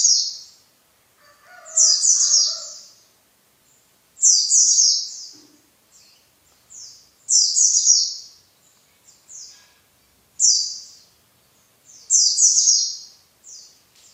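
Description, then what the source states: White-eye song in high, slightly buzzy chirping phrases, repeated several times, with fainter chirps between. Compilation of white-eye song in the ngalas ngeroll style.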